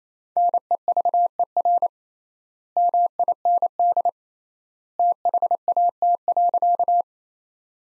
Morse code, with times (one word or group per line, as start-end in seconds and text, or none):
0.4-1.9 NEVER
2.8-4.1 MIND
5.0-7.0 THAT.